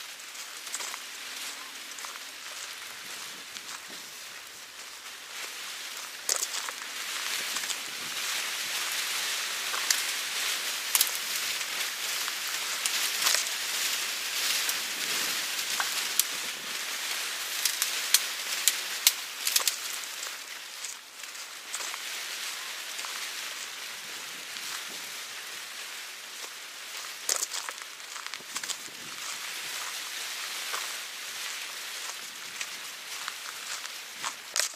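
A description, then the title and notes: A walk through a forest, heard as a dense, steady hiss full of quick crackles and snaps, like dry leaves and twigs underfoot or light rain on foliage. The sound swells and grows busier from about six to twenty seconds, then eases slightly. Walking in the Forest Sounds.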